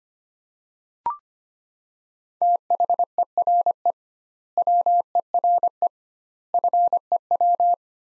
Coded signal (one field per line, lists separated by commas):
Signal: Morse code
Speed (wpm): 25 wpm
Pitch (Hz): 700 Hz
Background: none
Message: THERE WERE FEW